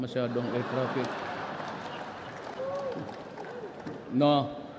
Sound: applause